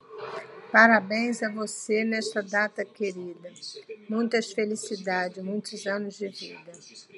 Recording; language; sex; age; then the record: short text; Brazilian Portuguese; female; 60 to 69 years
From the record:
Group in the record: control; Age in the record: 68 years